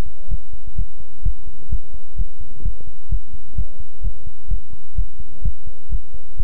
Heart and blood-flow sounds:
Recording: heart sounds by stethoscope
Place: between the tricuspid and mitral areas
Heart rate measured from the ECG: 128 bpm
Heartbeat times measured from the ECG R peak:
0.28 s: heartbeat
0.75 s: heartbeat
1.22 s: heartbeat
1.69 s: heartbeat
2.16 s: heartbeat
2.62 s: heartbeat
3.09 s: heartbeat
3.55 s: heartbeat
4.01 s: heartbeat
4.48 s: heartbeat
4.95 s: heartbeat
5.42 s: heartbeat
5.89 s: heartbeat
6.37 s: heartbeat
From the record:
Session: pedaling a stationary bicycle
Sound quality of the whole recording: good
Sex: male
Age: 24 years

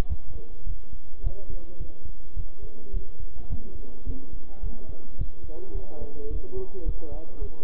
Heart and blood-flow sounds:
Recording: heart sounds by stethoscope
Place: between the tricuspid and mitral areas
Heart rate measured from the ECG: 107 bpm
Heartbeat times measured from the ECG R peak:
0.10 s: heartbeat
0.67 s: heartbeat
1.24 s: heartbeat
1.80 s: heartbeat
2.36 s: heartbeat
2.94 s: heartbeat
3.50 s: heartbeat
4.06 s: heartbeat
4.63 s: heartbeat
5.18 s: heartbeat
5.75 s: heartbeat
6.30 s: heartbeat
6.86 s: heartbeat
7.41 s: heartbeat
From the record:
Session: bicycle stress test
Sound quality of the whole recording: good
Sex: male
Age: 23 years

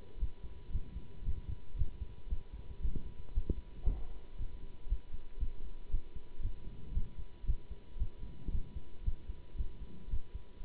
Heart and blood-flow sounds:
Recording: heart sounds by stethoscope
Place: between the tricuspid and mitral areas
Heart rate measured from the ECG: 115 bpm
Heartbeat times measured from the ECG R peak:
0.19 s: heartbeat
0.71 s: heartbeat
1.23 s: heartbeat
1.76 s: heartbeat
2.28 s: heartbeat
2.81 s: heartbeat
3.33 s: heartbeat
3.85 s: heartbeat
4.37 s: heartbeat
4.88 s: heartbeat
5.39 s: heartbeat
5.90 s: heartbeat
6.41 s: heartbeat
6.93 s: heartbeat
7.45 s: heartbeat
7.98 s: heartbeat
8.51 s: heartbeat
9.04 s: heartbeat
9.56 s: heartbeat
10.09 s: heartbeat
10.62 s: heartbeat
From the record:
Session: Bruce protocol treadmill stress test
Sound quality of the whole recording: good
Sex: male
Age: 24 years

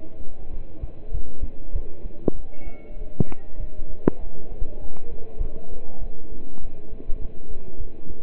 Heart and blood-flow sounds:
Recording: heart sounds by stethoscope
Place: between the tricuspid and mitral areas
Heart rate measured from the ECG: 99 bpm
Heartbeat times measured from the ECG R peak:
0.52 s: heartbeat
1.13 s: heartbeat
1.75 s: heartbeat
2.36 s: heartbeat
2.98 s: heartbeat
3.59 s: heartbeat
4.20 s: heartbeat
4.81 s: heartbeat
5.41 s: heartbeat
6.01 s: heartbeat
6.62 s: heartbeat
7.21 s: heartbeat
7.80 s: heartbeat
From the record:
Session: pedaling a stationary bicycle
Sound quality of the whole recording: partially saturated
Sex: male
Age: 27 years

